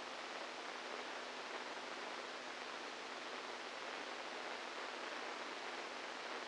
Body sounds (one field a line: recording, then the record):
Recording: brain microelectrode recording played as sound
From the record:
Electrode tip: outside the subthalamic nucleus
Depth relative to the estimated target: -4 mm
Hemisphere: right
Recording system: NeuroSet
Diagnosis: Parkinson's disease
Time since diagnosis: 8 years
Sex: male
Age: 46 years